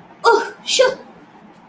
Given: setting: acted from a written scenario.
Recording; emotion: vocal sound without words; disappointment